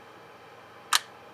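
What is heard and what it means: A plastic clip-style quick-release buckle for a GoPro action camera is slid into the slot of a pole mount. Over a quiet background, a single sharp, bright click sounds at 0.9 s as the buckle snaps in and seats in the mount.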